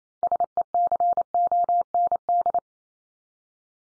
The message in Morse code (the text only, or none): SECOND